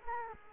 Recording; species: mosquito wingbeat signal from an infrared sensor; Culex quinquefasciatus